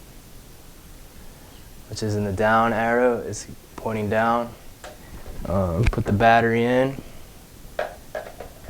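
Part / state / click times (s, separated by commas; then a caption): cordless tool battery pack into a handheld paint sprayer / seated / 7.8 s. Someone talks while a cordless tool battery pack is slid into the battery socket of an open-box Graco Ultra handheld paint sprayer. A short, sharp click at 7.8 s marks the pack seating in place.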